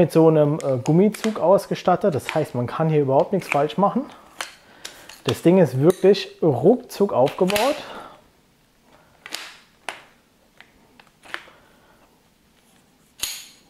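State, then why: Seated. Someone talks while assembling a folding camping chair, joining its shock-corded aluminium frame poles into their connector hub sockets. Sharp, short clicks follow at about 9.3, 9.4, 9.9, 10.6, 11.3 and 13.2 seconds. All the poles lock into place.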